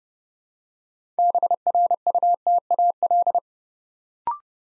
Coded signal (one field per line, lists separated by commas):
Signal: Morse code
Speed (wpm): 30 wpm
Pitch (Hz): 700 Hz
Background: none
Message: BRUTAL